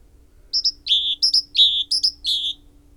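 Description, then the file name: Great tit giving one fast run of three two-part notes, each a thin high note falling into a fuller lower one, over a quiet background hum. "Parus major"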